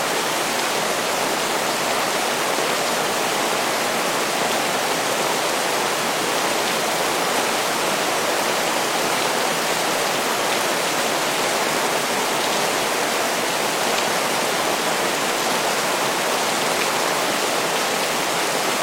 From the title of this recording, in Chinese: 平静的雨声